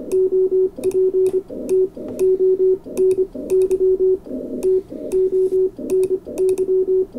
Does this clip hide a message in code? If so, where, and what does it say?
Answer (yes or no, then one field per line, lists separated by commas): yes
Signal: Morse code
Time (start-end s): 0.1-7.0 s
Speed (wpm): 24 wpm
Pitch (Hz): 380 Hz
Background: none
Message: OP TONY TONY